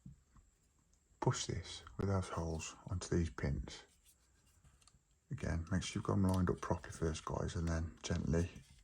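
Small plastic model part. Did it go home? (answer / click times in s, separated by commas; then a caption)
no / none. A plastic engine casing half from a 1:18 scale Star Wars X-wing model kit is lined up so its holes sit over the locating pins of the model engine, ready to be gently pushed down. Someone talks, with a couple of faint handling sounds in a pause near the middle. Nothing has seated or clicked yet.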